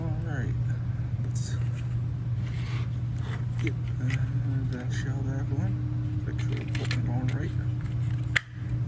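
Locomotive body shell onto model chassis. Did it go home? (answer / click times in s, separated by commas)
yes / 8.4 s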